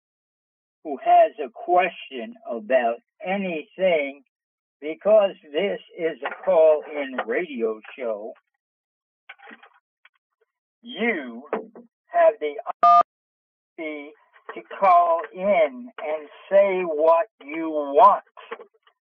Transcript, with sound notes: who has a question about anything, because this is a call-in radio show, you have the (beep) opportunity to call in and say what you want.